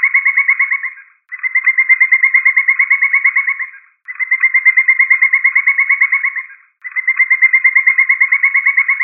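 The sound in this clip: Woodpecker call: four fast strings of uniform notes, each up to about two and a half seconds long, separated by short silent breaks.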